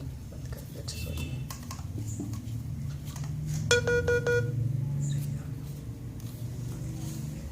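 Someone talks while closing a plastic lock on a budget tripod stand for cameras and mobiles, most likely a leg or head clamp. A tonal beeping pattern sounds around 3.7–4.4 s. A single short click at 6.2 s marks the lock clicking shut and seating.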